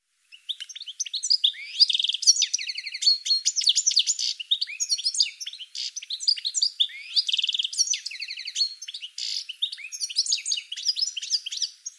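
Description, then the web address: Bird song running almost nonstop: fast, varied high chirps, buzzy rattles and slurred whistled notes, densely packed throughout. "cianscape birddata Deverinetal 2025 File cleaned normalized Bird"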